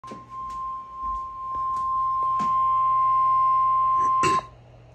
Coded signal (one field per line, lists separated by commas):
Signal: Emergency Alert System (SAME) tones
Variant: 1050 Hz attention tone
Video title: 1050 hz Flood Watch for NJ (EAS #1,886)